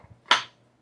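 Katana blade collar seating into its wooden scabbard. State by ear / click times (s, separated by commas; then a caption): seated / 0.3 s. A Sokojikara Scorn katana blade is pushed fully into its wooden scabbard (saya), and its collar seats in the scabbard mouth with a single sharp, quiet click at 0.3 s that fades quickly. The blade is seated home in the scabbard.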